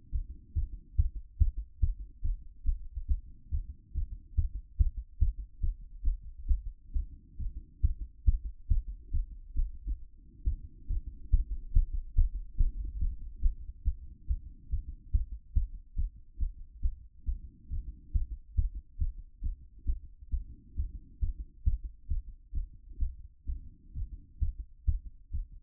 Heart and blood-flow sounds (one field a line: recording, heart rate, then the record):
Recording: heart sounds by stethoscope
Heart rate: 139 bpm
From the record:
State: after exercise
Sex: female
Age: 25 years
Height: 170 cm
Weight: 60 kg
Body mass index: 20.76